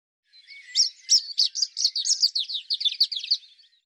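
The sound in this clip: European robin song: a three-second run of quick, high, jumbled notes and short trills, varied in pitch, with no other sounds.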